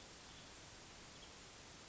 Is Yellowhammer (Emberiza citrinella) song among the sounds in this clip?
no